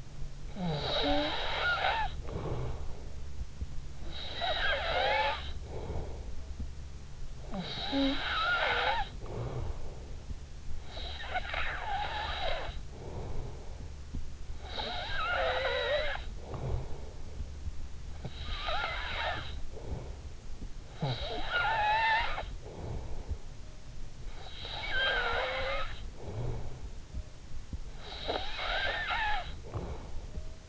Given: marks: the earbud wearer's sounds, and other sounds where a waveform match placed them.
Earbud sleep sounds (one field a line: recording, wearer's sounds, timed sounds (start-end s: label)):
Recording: sounds in sleep by an in-ear microphone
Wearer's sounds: snoring breath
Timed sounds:
0.00-30.69 s: snoring breath